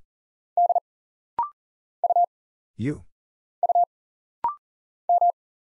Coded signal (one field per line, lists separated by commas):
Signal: Morse code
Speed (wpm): 40 wpm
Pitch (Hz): 700 Hz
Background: none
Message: D U U M